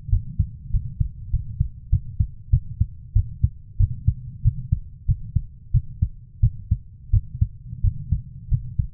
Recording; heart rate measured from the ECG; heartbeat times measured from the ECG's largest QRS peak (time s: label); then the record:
heart sounds by stethoscope; 93 bpm
0.10 s: heartbeat
0.71 s: heartbeat
1.31 s: heartbeat
1.90 s: heartbeat
2.50 s: heartbeat
3.13 s: heartbeat
3.77 s: heartbeat
4.42 s: heartbeat
5.06 s: heartbeat
5.72 s: heartbeat
6.40 s: heartbeat
7.11 s: heartbeat
7.81 s: heartbeat
8.49 s: heartbeat
From the record:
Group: healthy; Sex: female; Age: 24 years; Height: 163 cm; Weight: 55.7 kg